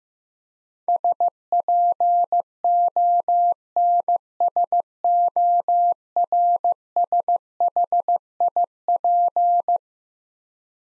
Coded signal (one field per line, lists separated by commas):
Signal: Morse code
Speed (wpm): 15 wpm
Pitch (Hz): 700 Hz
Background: none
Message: SPONSORSHIP